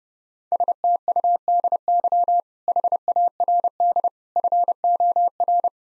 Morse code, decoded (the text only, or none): STUDY HARD FOR